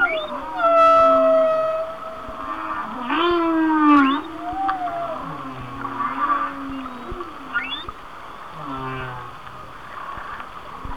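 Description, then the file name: Whale song, a series of varied moans, upsweeping harmonic cries and low grunts, some calls rising steeply, others wavering. "Whale Songs"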